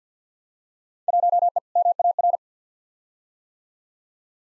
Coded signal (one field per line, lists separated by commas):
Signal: Morse code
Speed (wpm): 50 wpm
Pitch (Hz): 700 Hz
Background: none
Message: 1E MAR